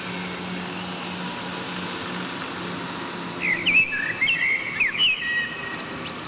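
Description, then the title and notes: Common blackbird song begins after a few seconds of low humming: rich fluted whistles tumbling into scratchy high chatter. Berlin, Germany; backyard; June 2003. "Amsel im Hinterhof, Berlin, Juni 2003. sent by maik johannsen"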